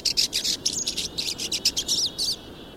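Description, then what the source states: Pine Siskin flock chatter, dense high twittering notes repeated rapidly for over two seconds, then stopping, with constant low hiss beneath. Flock swarming around a thistle feeder; nomadic irruptive migrants moving south when conifer seeds are scarce in Canada's boreal forests.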